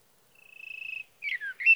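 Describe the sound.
Sage thrasher song: a rapid, rattling trill held on one pitch for most of a second, then a pause and a burst of warbled, slurred notes.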